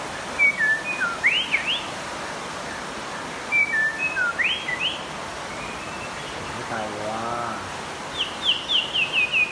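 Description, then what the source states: White-rumped shama song: short clear whistled phrases with rising and falling slurred notes, repeated in bursts, over steady background hiss. Champion bird from a singing contest.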